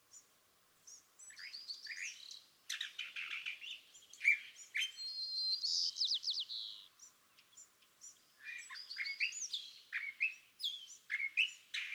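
California thrasher song: a rambling, varied jumble of harsh chattering notes, whistled slurs and buzzy phrases, each phrase different, with short pauses between bursts.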